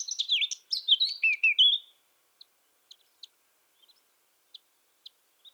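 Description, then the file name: Eurasian blackcap song, one brisk two-second warbled phrase of sliding high notes, followed by scattered soft ticks and near silence. "Sylvia atricapilla"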